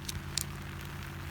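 While pitching a Big Agnes HV UL1 backpacking tent, a tent pole end is pushed into one of the tent's front corner attachment points over a steady low rumble, with faint ticks near 0.1 and 0.2 seconds. A sharp, short click sounds at 0.4 seconds as the pole end seats in the fitting.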